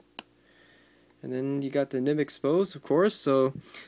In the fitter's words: and then uh when when you put it on the top here it just snaps into place